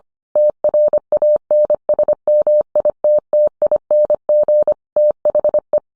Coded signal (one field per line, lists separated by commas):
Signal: Morse code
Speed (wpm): 25 wpm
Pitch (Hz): 600 Hz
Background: none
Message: TRANSMITTING THE